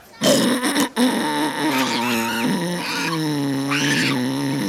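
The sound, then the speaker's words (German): An orangutan grunts and groans in long, low, throaty calls, rising and falling in pitch, with a few short bursts at the start; loud and continuous, no talking. “Das war ein Orang-Utan. Ja, der hat gegrunzt.”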